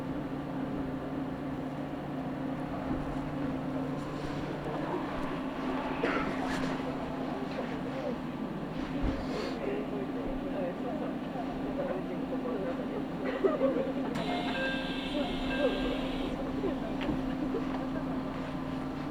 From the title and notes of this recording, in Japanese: 飯田線 各駅停車 豊橋→豊川。